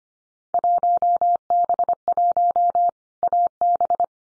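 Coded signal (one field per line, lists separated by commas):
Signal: Morse code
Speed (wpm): 25 wpm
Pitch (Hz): 700 Hz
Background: none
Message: 1B1 AB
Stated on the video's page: Morse drill of randomly selected Field Day contest exchanges at 25 wpm for head-copy practice, each sent twice.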